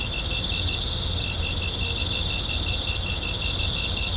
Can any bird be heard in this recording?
no